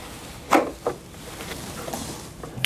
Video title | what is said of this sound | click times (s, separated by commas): Dell PowerEdge T620 Tower Workstation Overview & Memory Upgrade Tips - How to Install & Configure | right, perfect, and you'll hear that little click in the back, and you know you got it in properly. | 2.6 s